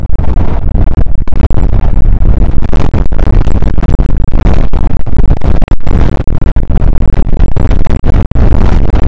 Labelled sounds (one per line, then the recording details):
wind
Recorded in the Prudhoe Bay oil fields, Alaska, on 2 August 2019 at 01:35
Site 29